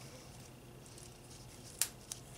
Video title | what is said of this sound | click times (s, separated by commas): Lincoln MKX/Ford Edge Rear Brake Pad and Rotor Replacement 2013 (2011-2015 Similar) | they snap in just like that so | 1.8 s